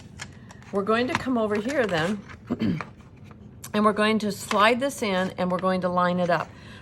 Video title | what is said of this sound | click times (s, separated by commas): Marvelous Monday Let’s talk border punches! | push it in till it clicks okay this then has pressure on it | 0.2 s